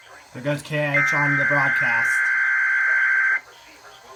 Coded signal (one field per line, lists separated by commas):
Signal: Emergency Alert System (SAME) tones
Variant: header bursts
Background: speech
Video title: EAS 108 KIH35 RWT [NO TONES]